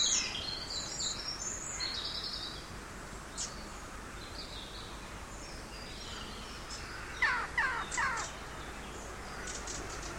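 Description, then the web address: Birds giving high twittering chirps at first, then a brief group of harsher, lower calls, with scattered thin notes over background hiss. Birds singing in an empty street of a big city. "canto de pajaros en una calle vacia de una gran ciudad"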